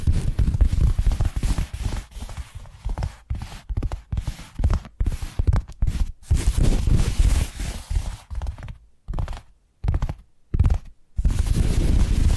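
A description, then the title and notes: Tapping triggers come in dense, irregular flurries of soft, muffled thuds, heavy in the low end with a faint hiss above. Steady rapid tapping fills the first few seconds, then it breaks into short bursts separated by abrupt silences, most often between nine and eleven seconds. ASMR 10 Addictive Tapping Triggers. (No Talking).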